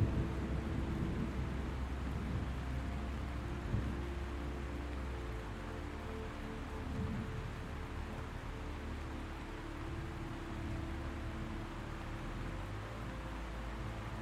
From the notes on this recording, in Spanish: trueno, mezclado con la dulzura de melodías relajantes